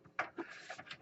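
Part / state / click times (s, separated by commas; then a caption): motherboard I/O shield into the PC case rear panel opening / seated / 0.2 s. A metal motherboard I/O shield with holes and tabs, for a custom Core i7 4770 build with a GTX 670 and 16 GB, is lined up in the PC case's rear panel opening and pressed firmly. It pops into place with a sharp snap at 0.2 s, followed by soft scraping and rubbing and a lighter tap at 0.9 s. The shield is seated.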